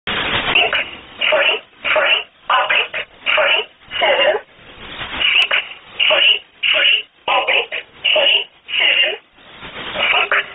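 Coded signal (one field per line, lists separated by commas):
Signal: numbers station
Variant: E11 Oblique, English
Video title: 25 08 2017 Numbers station E11 Oblique in English to Eu 0710 on 10429 unknown tx site in USB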